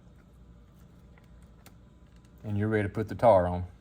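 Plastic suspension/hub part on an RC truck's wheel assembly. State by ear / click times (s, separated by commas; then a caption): not seated / none. A plastic suspension/hub part on a Traxxas Slash RC truck's wheel assembly is handled during reassembly, just before the tire goes back on. Faint, soft handling ticks come at about 0.2, 1.2, 1.7 and 2.2 seconds, then someone talks from about 2.4 seconds to the end. Nothing has seated or clicked yet.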